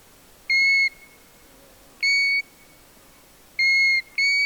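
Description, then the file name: European golden plover calling with four pure whistled notes, the last two given close together, each sweet and even in pitch, in a quiet setting. "ljungpipare Pluvialis apricaria"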